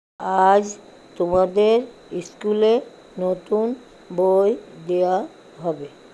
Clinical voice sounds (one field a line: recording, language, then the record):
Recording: elicited speech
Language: Bengali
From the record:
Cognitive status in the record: dementia